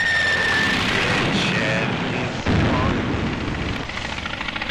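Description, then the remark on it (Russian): A dense, loud roar of stacks of aerial bombs exploding rumbles continuously, with a sharp fresh blast about halfway through and a slightly quieter crackling tail. “Взрываются штабеля авиационных бомб.”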